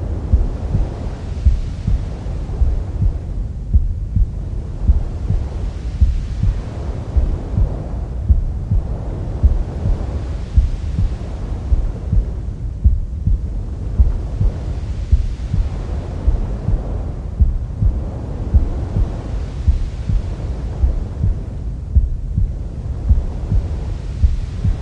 Womb Sounds with Mother's Heartbeat.